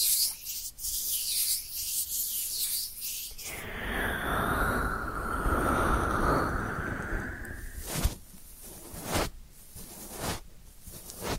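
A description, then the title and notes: Rubbing and scratching sounds of ear cleaning, with a soft hiss over the first few seconds. Around the four-second mark it shifts to a fuller, lower rubbing with a sweeping squeak that slides down and back up. Sharp scrapes punctuate the final seconds. ASMR 10 Sleep Inducing Ear Cleaning Triggers with Brain Penetration (No Talking).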